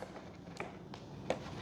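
A servo lead plug that was not fully seated in the receiver of an Avios Twin Otter 1600mm is pushed fully in. Faint taps come at about 0.6 and 0.9 seconds, then a sharper click at 1.3 seconds as the plug seats fully home, confirmed fully seated.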